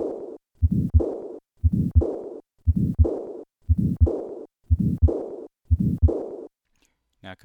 Severe aortic regurgitation and a systolic ejection murmur. This ejection murmur peaks before the second half of systole.